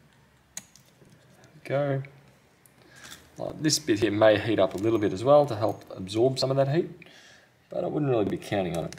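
An NVMe SSD is slid into the M.2 slot of an HP Pavilion 14 x360 (2022) laptop at a 45-degree angle and pushed home, with a sharp click at 0.6 s and a few fainter ticks after it. The drive is seated, and someone then talks for the rest of the clip.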